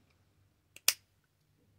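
A plastic retainer or weather-shield clip is slid back into a wiring connector body. A faint tick at 0.8 s is followed by a sharp, bright plastic snap at 0.9 s as the clip seats home, over a low steady hum.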